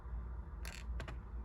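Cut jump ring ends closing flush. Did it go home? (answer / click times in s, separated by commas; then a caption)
yes / 0.7 s, 0.8 s, 1.0 s, 1.1 s. The cut ends of a handmade metal jump ring are brought together until they close flush. Sharp snaps ring out at 0.7, 0.8, 1.0 and 1.1 seconds over a steady low hum, and the ring ends sit flush, seated.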